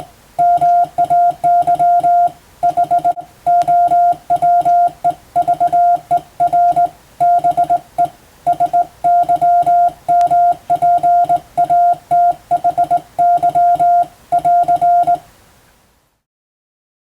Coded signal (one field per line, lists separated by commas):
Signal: Morse code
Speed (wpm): 20 wpm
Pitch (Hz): 700 Hz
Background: none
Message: MAY HOWEVER BE SYMPATHY<AR>